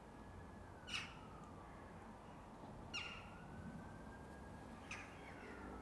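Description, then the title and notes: Corvid caws, three harsh single calls repeated about every two seconds, with a siren wailing underneath. Corvids, possibly mainly rooks, circling neatly and regularly over a back yard at dusk near sunset; distant sirens also present. "ｐａｔｚｒ ｒａｄｉｏ ｓｉｘｔｙ－ｔｗｏ - untitled [back yard, near sunset]. back yard at dusk. corvids - rooks, mainly, i think - circle, neatly, regularly"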